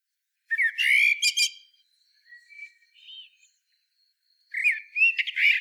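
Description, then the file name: Common blackbird singing a rich warbled phrase, then soft quiet whistled notes, then a second phrase rising into high twittering. "Turdus merula"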